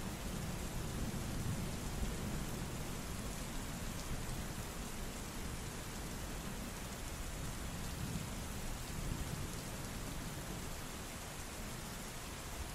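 Heavy rain pours down in a dense, unbroken hiss for the whole stretch, with a low rumble of thunder churning underneath. No voices are heard.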